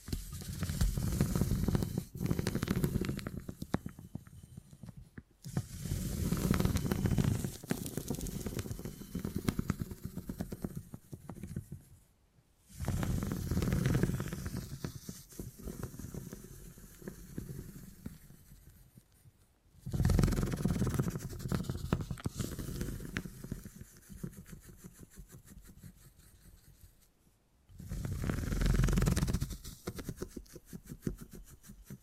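Beeswax is worked in long, crackly rubbing passes, each starting loud and thick then thinning out, with short silent gaps near 5, 12, 20 and 27 seconds.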